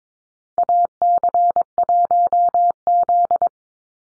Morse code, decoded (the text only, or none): AC1Z